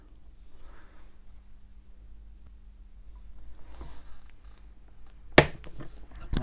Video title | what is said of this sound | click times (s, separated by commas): The Watch is Restored! - Seiko 6309 Giveaway | And you heard that click | 5.4 s